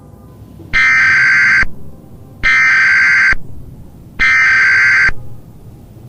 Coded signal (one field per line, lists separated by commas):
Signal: Emergency Alert System (SAME) tones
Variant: header bursts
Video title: Black Sun (2015) | The Solar Collapse – EAS Scenario